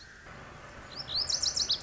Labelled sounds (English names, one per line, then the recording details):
Lazuli Bunting
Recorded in Sonoma County, California